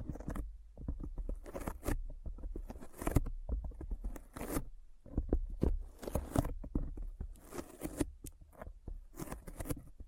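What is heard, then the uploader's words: Sticky fingers make a dense run of quick, tacky peeling and clicking sounds, packed closely with no real pauses. The sharp snaps come in bursts, with louder, brighter clusters around three, six to seven, and nine seconds, over a low rumble underneath. ASMR Intense Sticky Finger Sounds (No Talking).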